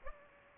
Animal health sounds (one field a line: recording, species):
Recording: mosquito wingbeat signal from an infrared sensor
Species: Aedes aegypti